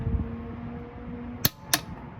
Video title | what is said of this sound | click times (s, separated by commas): Car Tire Rotation (2019+ Hyundai Veloster N) | That's the click we're looking for. | 1.4 s, 1.7 s